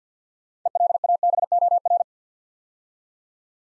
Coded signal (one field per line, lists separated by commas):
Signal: Morse code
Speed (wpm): 48 wpm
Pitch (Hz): 700 Hz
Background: none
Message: ELABOR